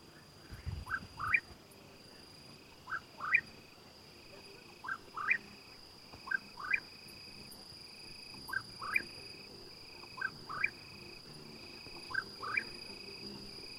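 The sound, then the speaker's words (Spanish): At dusk around 7 pm, crickets far in the background chirp in a steady, faint, high-pitched drone throughout, beneath a cucurrí bird's short rising whistled calls that come in pairs every second or two. “Muy al fondo se escuchan algunos grillos que ya empiezan a estridular.”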